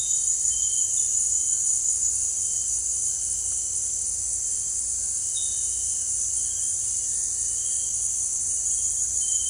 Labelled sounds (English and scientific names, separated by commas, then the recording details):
none
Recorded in dense forest near Puerto Asís, Putumayo, Colombia, on 26 December 2024 at 18:00
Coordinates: 0.485, -76.318
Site GP03